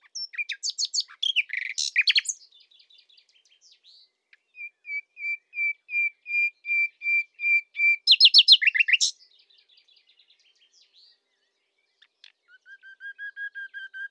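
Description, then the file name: Common nightingale song: fast chattering trills, then a long series of evenly repeated pure whistles, a sharp rattling burst, and later another row of whistled notes. "Luscinia megarhynchos"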